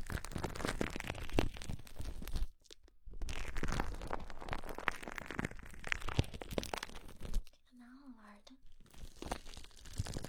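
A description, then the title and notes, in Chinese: Dense crinkling and crunching as foam plastic wrap is rubbed against the ear, full of sharp crackles from deep rustle to bright hiss. The rubbing stops briefly around three seconds and again near eight, where a faint low wavering hum remains. 泡沫保鲜膜揉耳 耳边碎碎念。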